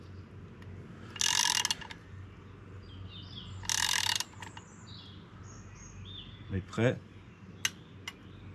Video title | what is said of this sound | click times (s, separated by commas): On change l'embrayage de la 104 EP4 | Tu as vu ? Ça fait clic. Ouais. Là, on est à 15 Nm. | 7.7 s